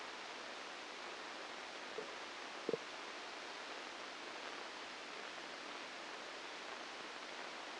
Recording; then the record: brain microelectrode recording played as sound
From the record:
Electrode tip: outside the subthalamic nucleus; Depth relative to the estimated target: 2 mm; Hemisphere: right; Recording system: NeuroSet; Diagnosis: Parkinson's disease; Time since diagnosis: 9 years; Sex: female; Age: 51 years